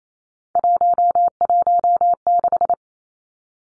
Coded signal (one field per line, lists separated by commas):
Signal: Morse code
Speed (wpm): 28 wpm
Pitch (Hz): 700 Hz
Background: none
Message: 116